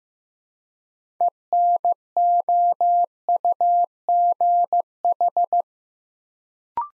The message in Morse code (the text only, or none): ENOUGH